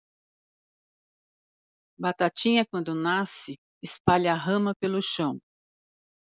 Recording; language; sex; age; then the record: short text; Brazilian Portuguese; female; 50 to 59 years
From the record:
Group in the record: control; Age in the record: 57 years